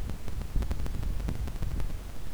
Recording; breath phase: one breath near a microphone; exhalation